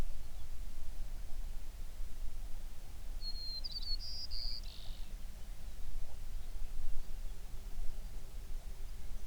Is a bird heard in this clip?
yes